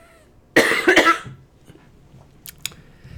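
A quick run of about three harsh, forceful coughs from an adult woman with a respiratory illness that is not the flu, coughing on purpose to stop continuous wheezing, then quiet with faint small clicks.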